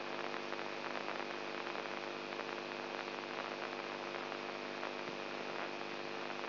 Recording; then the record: brain microelectrode recording played as sound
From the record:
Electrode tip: inside the subthalamic nucleus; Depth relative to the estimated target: 1 mm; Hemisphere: right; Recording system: AlphaMap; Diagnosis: Parkinson's disease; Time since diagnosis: 20 years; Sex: female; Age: 64 years